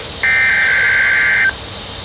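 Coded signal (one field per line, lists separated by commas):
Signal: Emergency Alert System (SAME) tones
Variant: header bursts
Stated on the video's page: Weekly test received on weather radios.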